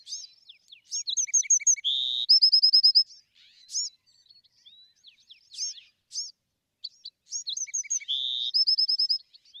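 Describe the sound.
Bewick's wren repeating its song twice: high scratchy notes, low pips, a steady buzz and a ringing rapid trill, with quiet chip notes filling the gap.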